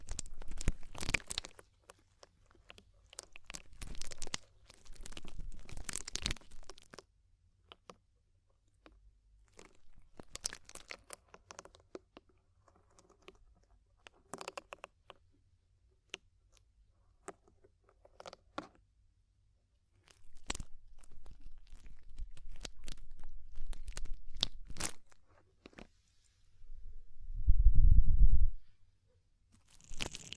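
Ear cleaning sounds: irregular crunchy scratches and crackles in bursts, quiet gaps between, denser near the start and around 20–25 seconds, then a low rumble near 28 seconds.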